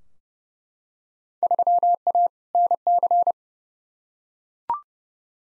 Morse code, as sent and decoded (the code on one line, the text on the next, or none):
...-- .- / -. -.-.
3A NC